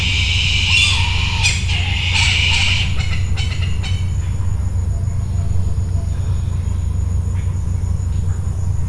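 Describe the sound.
Bird letting out rough, raspy squawks in quick succession early on, followed by faint clicks and a continuous low hum.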